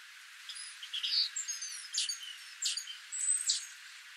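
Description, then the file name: Great tit calls: a scatter of high thin chirps and short whistled notes, with a few brighter bursts. "Parus major"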